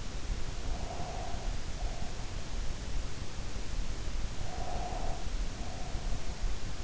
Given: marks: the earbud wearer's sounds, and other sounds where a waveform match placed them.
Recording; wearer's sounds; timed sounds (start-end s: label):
sounds in sleep by an in-ear microphone; breath
0.58-2.53 s: breath
4.32-6.46 s: breath